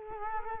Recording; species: mosquito wingbeat signal from an infrared sensor; Culex quinquefasciatus